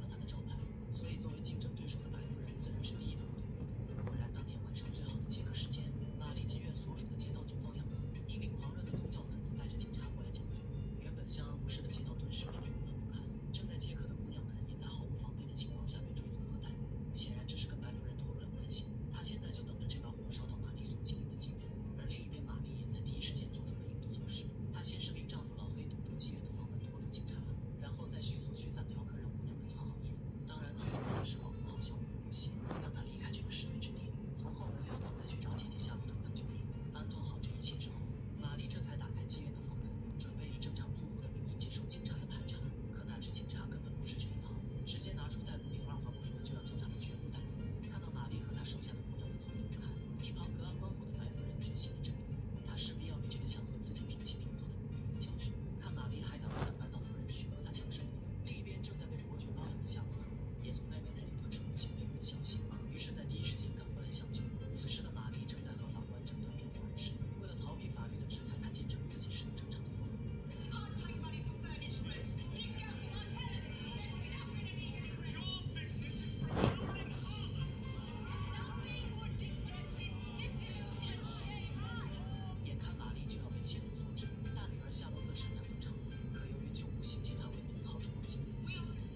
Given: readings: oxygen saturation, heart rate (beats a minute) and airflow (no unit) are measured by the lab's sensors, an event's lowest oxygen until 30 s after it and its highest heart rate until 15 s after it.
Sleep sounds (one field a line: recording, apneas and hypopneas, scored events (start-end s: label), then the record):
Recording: a person awake in a sleep study, by a smartphone at the bedside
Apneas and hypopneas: none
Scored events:
0.00-89.15 s: awake
0.00-89.15 s: awake
From the record:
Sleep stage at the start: awake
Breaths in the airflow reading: 30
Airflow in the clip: -0.8 to 0.7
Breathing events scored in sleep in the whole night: 496 in 5.4 hours asleep